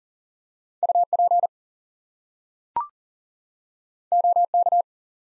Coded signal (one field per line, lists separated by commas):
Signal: Morse code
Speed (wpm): 38 wpm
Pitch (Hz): 700 Hz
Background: none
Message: UP OK